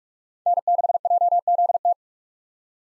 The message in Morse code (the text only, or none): N6JZT